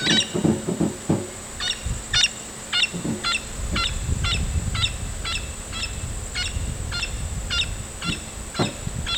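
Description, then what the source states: Parrots giving harsh, raspy squawks repeated about every half second, with low rumbling and thumping sounds early on and a steady high hiss throughout. Parrots recorded in Panama.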